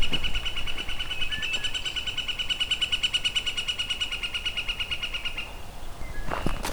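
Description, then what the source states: Northern flicker giving a long, rapid, even series of repeated notes for about five seconds, with low rumbling background noise and a brief click near the end. Heard in a hydro corridor in Beverly Swamp, Hamilton, where it is a fairly common species.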